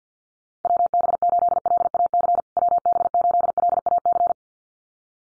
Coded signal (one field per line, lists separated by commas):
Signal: Morse code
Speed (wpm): 50 wpm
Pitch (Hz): 700 Hz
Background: none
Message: WB8LAC WB8LAC